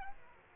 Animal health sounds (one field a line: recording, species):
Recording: mosquito wingbeat signal from an infrared sensor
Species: Aedes aegypti